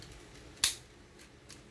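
The plastic wheels of a transforming robot toy are folded down, seating the wheel panel into the toy body. One sharp plastic tap at 0.6 s marks the wheels seating in place, with only faint small ticks before and after.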